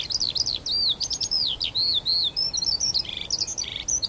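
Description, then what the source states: Eurasian skylark song, a rapid stream of high whistled slurs, chirps and short buzzy trills against a quiet background. Chorus of wild skylarks rising from young barley, singing exultantly as they climb high into a cloudy sky; vast open field, northern edge of the Cotswolds, South Warwickshire.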